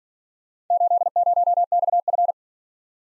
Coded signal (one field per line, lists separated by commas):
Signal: Morse code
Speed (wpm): 50 wpm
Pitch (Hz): 700 Hz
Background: none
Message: 80XF